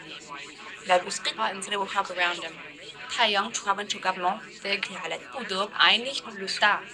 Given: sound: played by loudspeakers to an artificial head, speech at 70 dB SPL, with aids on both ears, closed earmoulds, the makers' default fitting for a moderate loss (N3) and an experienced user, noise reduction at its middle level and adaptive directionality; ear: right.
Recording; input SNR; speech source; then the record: speech test signal (ISTS) in cocktail-party noise; +3 dB; on the right (90 degrees)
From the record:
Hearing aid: class 2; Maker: E